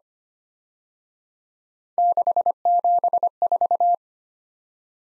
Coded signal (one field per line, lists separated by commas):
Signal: Morse code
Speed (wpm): 30 wpm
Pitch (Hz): 700 Hz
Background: none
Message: 674